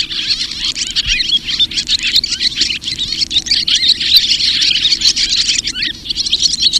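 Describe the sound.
Barn swallow twitter, a continuous stream of rapid high chirps and buzzy notes throughout, over a constant low hum.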